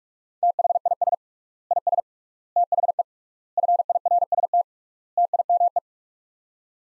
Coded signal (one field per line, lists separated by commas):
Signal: Morse code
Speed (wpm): 46 wpm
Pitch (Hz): 700 Hz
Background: none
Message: THIS IS THE FIRST TIME